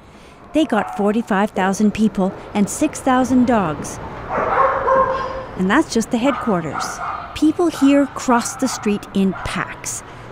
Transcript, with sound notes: They got 45,000 people and 6,000 dogs.
(SOUNDBITE OF DOGS BARKING)
And that's just the headquarters. People here cross the street in packs.